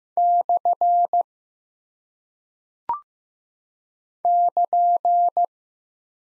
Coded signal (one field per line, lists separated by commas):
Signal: Morse code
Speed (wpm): 15 wpm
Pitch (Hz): 700 Hz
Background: none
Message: / <KN>